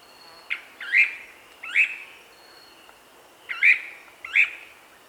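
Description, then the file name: Cryptic treehunter calls: sharp, hooked chipping notes, some with a short lead-in, given in two pairs with a pause between, over a faint high whine. "suara panggilan burung cryptic treehunter omkicau"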